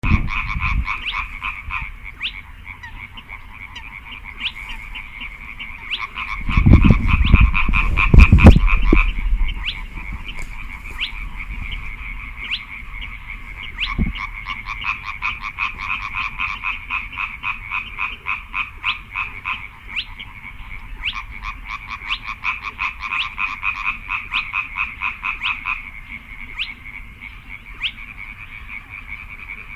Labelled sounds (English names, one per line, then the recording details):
Spotted Crake
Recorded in the wild
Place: Kützerhof, Kummerower See, Mecklenburg-Vorpommern, DE
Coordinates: 53.8536, 12.8675
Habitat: wetland
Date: 2009-05-07 23:07
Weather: bedeckt, windstill, ca. 10°C
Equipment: Sound Devices 702, Sennheiser MKH 70, Rycote Windschutz
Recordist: Frommolt, Karl-Heinz